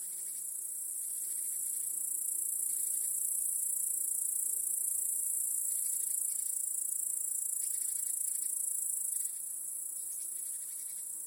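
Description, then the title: Crickets keep up a shrill, steady chorus while short, hissy bursts of broader noise come and go in the background. Crickets chorusing in a home backyard in the evening, as day turns to night. "Crickets in Your Backyard 🏡. Discovering the Sounds of Home"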